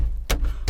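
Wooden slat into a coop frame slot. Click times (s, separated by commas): 0.3 s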